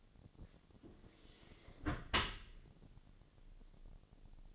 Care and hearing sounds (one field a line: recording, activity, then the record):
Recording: daily activity, microphone in the room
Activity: close dishwasher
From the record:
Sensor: 4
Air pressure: 1007.5 hPa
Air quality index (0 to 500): 198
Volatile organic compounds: 7 ppm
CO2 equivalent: 1974 ppm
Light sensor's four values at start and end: 22/70/27/26 and 22/71/27/26